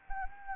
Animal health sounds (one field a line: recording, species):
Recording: mosquito wingbeat signal from an infrared sensor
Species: Anopheles arabiensis